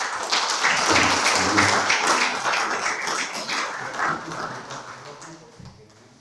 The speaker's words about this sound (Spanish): le damos un aplauso de bienvenida.